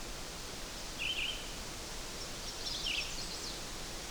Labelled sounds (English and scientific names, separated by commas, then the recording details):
Red-eyed Vireo (Vireo olivaceus) song
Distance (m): 40 m
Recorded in boreal forest in Alberta, Canada, on 8 June 2016 at 05:30
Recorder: SongMeter 3, array SBT-3-9
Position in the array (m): 18 m, 102 m